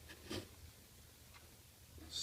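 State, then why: Not seated. A metal rekey tool is picked up and lined up with the slot of a Kwikset SmartKey door lock cylinder before being slid in. Soft handling noises include a brief scrape near 0.3 s, a faint tick near 1.4 s and a brighter rustle at about 2.1 s over a low background hum. Nothing has clicked yet.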